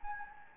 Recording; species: mosquito wingbeat signal from an infrared sensor; Anopheles gambiae